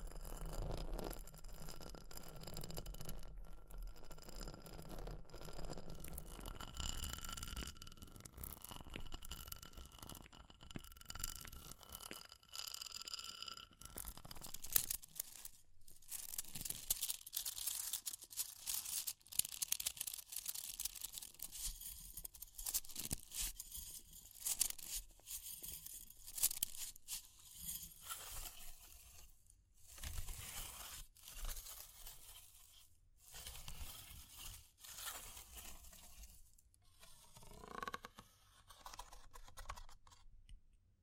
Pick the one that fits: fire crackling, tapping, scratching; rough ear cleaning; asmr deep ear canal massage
fire crackling, tapping, scratching